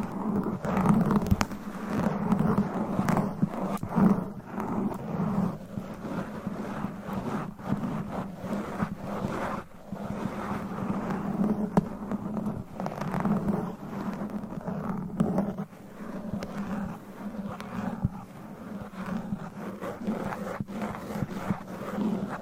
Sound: ASMR Mic Scratching